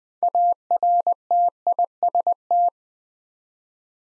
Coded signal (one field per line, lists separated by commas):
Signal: Morse code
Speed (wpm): 20 wpm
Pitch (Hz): 700 Hz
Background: none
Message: ARTIST